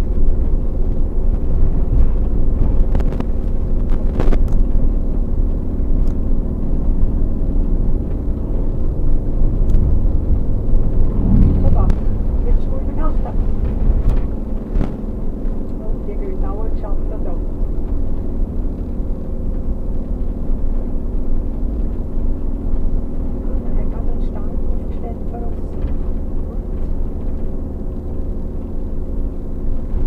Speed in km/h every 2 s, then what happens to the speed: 40, 42, 42, 44, 44, 46, 46, 46, 44, 42, 42, 42, 40, 40, 40.
0-9 speeds up to 46. 9-30 steady at about 42.